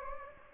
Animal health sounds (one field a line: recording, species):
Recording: mosquito wingbeat signal from an infrared sensor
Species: Anopheles gambiae